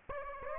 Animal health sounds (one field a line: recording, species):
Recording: mosquito wingbeat signal from an infrared sensor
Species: Aedes aegypti